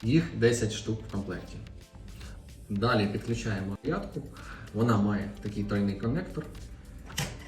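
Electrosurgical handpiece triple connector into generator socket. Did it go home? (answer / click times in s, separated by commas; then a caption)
no / none. Someone talks over background music while handling the electrosurgical handpiece with its triple three-pin connector, about to plug it into the socket of a Kentamed RF100 radiofrequency coagulator. A brief sharp sound occurs near 7.2 s, but nothing has seated or clicked yet.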